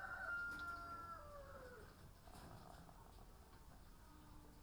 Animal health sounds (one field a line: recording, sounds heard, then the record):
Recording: poultry house recording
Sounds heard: sick chickens (respiratory disease)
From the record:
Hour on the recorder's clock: 18